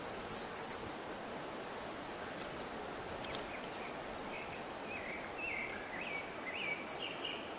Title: LuckyPassaro Completos2Sama. Sao Francisco Sparrow (Arremon franciscanus)